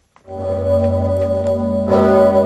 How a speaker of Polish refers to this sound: W Krakowie obwieścił ją dzwon Zygmunta. Można go było usłyszeć przez 8 minut.